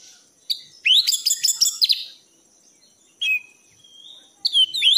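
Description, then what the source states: Thrush singing in short, bright bursts, mixing rapid trilled notes with sweeping whistles and brief silent gaps. Masteran song in the 'gacor teler' style, used for training pet birds.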